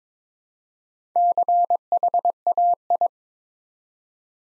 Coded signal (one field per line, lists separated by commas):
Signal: Morse code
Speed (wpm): 22 wpm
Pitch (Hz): 700 Hz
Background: none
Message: CHAI